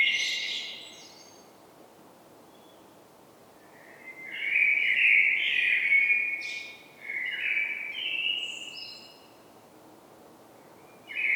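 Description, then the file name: Common blackbird song: rich whistled phrases with a mellow fluted opening and high squeaky endings, separated by quiet gaps, one more phrase starting at the end. "Turdus merula"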